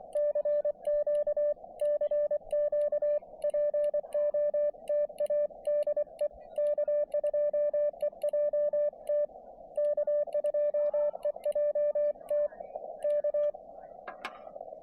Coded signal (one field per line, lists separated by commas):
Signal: Morse code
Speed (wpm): 24 wpm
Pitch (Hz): 590 Hz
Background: music, radio noise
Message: CQ CQ POTA DE K2EJT K2EJT K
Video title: POTA from Beebe Hill Fire Tower